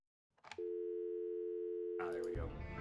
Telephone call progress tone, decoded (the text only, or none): dial tone